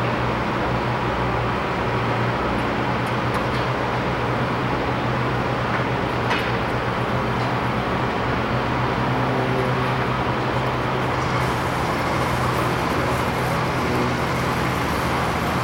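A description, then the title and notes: A generator drones steadily with a low, even hum under a dense bed of rough mechanical noise. Faint clicks and a brief tap land around three and six seconds, and a brighter hiss joins from about eleven seconds to the end. The sound of arc welders and their generator as well as crane sounds (not birds).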